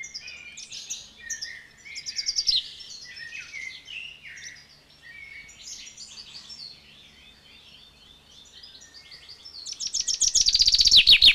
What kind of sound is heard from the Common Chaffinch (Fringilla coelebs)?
call